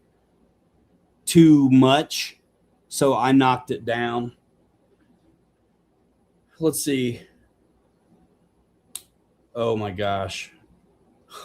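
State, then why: Seated. A 3D-printed light lens is pressed into the headlight bucket of an RC crawler body, and it seats with one sharp click at 8.9 seconds. Someone talks before and after the click.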